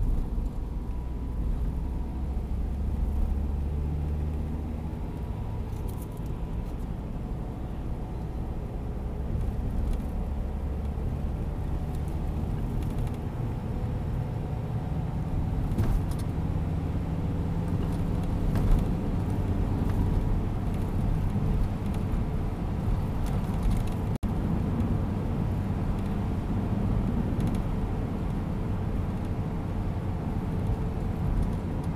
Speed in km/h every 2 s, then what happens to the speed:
47, 55, 60, 62, 68, 73, 78, 84, 89, 95, 96, 96, 97, 96, 95, 95.
0-18 speeds up to 95. 18-32 steady at about 96.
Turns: none.